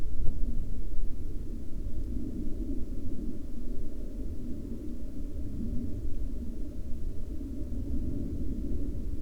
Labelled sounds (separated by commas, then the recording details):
aircraft
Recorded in the Arctic National Wildlife Refuge, Alaska, on 9 July 2021 at 01:32
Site 33